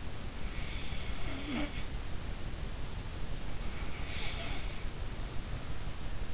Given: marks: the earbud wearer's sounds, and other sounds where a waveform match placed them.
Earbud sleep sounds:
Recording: sounds in sleep by an in-ear microphone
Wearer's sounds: snoring breath, breath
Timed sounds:
0.46-1.89 s: snoring breath
3.72-5.03 s: breath

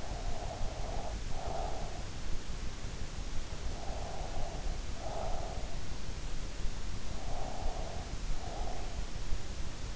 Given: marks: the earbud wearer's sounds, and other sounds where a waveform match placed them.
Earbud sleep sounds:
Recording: sounds in sleep by an in-ear microphone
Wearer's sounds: breath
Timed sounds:
0.00-2.07 s: breath
3.74-5.75 s: breath
7.10-8.89 s: breath

